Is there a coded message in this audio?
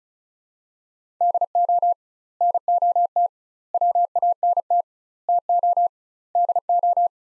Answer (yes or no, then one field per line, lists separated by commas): yes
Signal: Morse code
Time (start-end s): 1.2-7.1 s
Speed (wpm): 36 wpm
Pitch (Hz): 700 Hz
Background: none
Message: DO NOT WANT TO DO